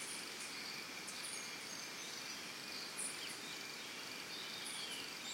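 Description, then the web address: Crickets in a steady, high, shimmering chorus without pause, with brief thin bird chirps and whistles over the top. Early morning in a Costa Rica forest, recorded together with birds. "Big Room Sound Birds Crickets Costa Rica"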